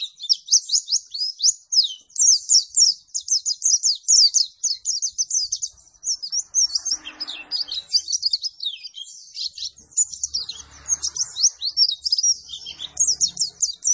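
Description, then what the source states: White-eye singing rapid runs of shrill chirps and quick twittered phrases, with brief softer rustling noises in the middle. Energetic 'gacor' singing after being doped with Metabolis and You C 1000.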